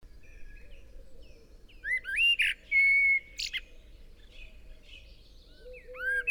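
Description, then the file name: Common blackbird with clear rising whistles and a sustained fluty note, followed by high chattering squeaks; a soft low droning hoot continues in the background. "Turdus merula"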